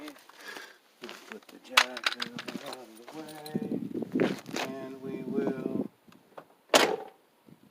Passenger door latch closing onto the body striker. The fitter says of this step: Alright, so it didn't latch, but